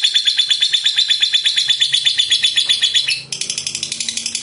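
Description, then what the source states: Lovebird giving a quick, buzzy chattering trill that abruptly switches to a thinner, higher, softer run of notes near the end. A 'fighter' lovebird singing vigorously and persistently ('gacor').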